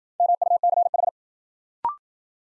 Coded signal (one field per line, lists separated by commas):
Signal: Morse code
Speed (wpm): 53 wpm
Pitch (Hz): 700 Hz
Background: none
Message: MUCH